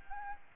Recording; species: mosquito wingbeat signal from an infrared sensor; Aedes albopictus